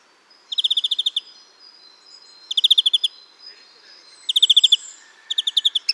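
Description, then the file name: European greenfinch calling in quick rattling trills of bright notes, four bursts with short gaps between. "Chloris chloris"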